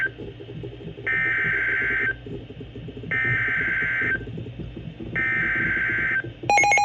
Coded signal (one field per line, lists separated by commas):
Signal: Emergency Alert System (SAME) tones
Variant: header bursts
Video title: Idk: EAS#303-316 (EAS Alerts from 5/19